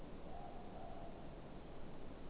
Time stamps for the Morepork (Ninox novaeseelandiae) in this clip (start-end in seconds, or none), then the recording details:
0.21-1.16. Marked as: faintness 3/5. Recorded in New Zealand. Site Eglinton